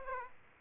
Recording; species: mosquito wingbeat signal from an infrared sensor; Aedes aegypti